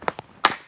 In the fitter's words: So you heard a distinctive click.